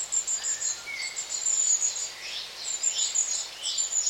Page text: Long tailed tit, group feeding calls, with blackbird, blackcap, chaffinch and cuckoo in distance